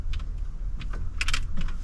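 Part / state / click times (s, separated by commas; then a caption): white harness cable plug into the back of the aftermarket infotainment screen / seated / 1.2 s. Reaching underneath, a white harness cable plug is pushed into the connector on the back of an aftermarket 12-inch infotainment screen in a 2018 Ford F-150. Soft handling and rustling noises lead to a sharp click at 1.2 s, followed by a smaller tick just after. The plug seats firmly in the connector.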